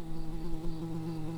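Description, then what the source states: Early bumblebee buzzing, a steady low drone with a faint wavering hum held throughout. Early bumblebee (Bombus pratorum) workers.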